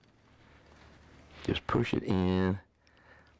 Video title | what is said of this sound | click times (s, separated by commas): Browning Challenger Part 3 | and it snaps in now sometimes that does not work more often than not for me it doesn't so I push | 2.9 s